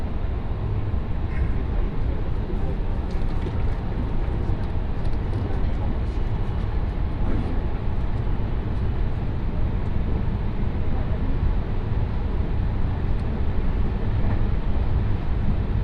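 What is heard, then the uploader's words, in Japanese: Inside a Special Rapid train on the Tokaido Line between Kusatsu and Shin-Osaka, a steady low rumble of running fills the whole time. The loudness barely changes. Faint clicks and brief higher ticks come through now and then over the constant roar. 耳で楽しむ鉄道旅 東海道本線新快速 草津→新大阪。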